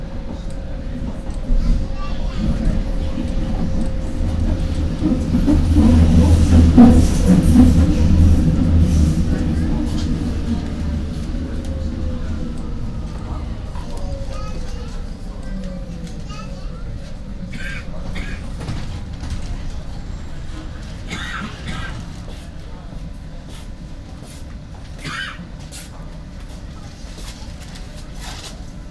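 A U-Bahn ride with a steady low rumble and a rising whine that peaks around seven seconds, then fades, while scattered voices murmur throughout.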